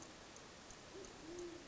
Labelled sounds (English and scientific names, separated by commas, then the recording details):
Band-tailed Pigeon (Patagioenas fasciata)
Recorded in Sonoma County, California